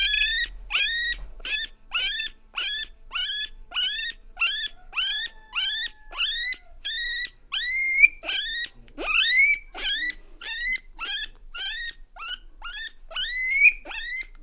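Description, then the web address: Guinea pig wheeking, a long series of loud, high, rising squeals. Farmyard. "allathangok parasztudvar tengerimalac"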